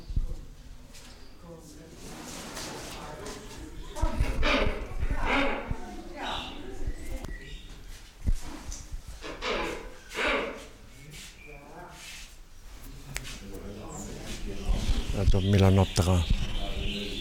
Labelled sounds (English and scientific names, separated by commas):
Wreathed Hornbill (Rhyticeros undulatus) call